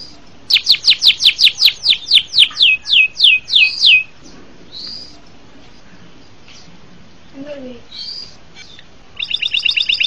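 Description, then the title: Bird singing a quick run of high downslurred chirps, then pauses with scattered short notes and a final burst of rapid buzzy trills. "LuckyKumpulan SuaraBurung"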